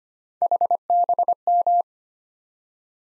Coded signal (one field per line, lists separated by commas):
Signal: Morse code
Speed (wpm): 25 wpm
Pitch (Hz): 700 Hz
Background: none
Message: HBM